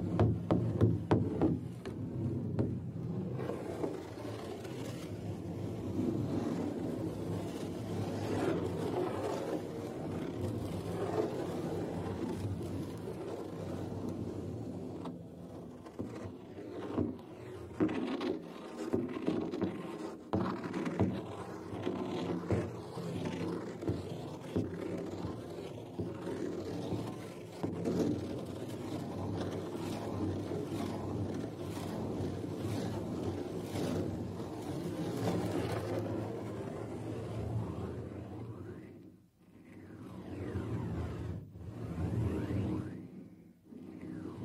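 Continuous scratching, rubbing and brushing on a drum, a dense low rumbling scrape with frequent sharp strokes and brief pauses near forty seconds.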